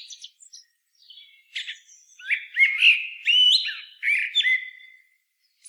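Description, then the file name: Eurasian blackbird singing rich fluty whistled phrases that rise and fall, with a few faint high notes at the start. "Turdus merula"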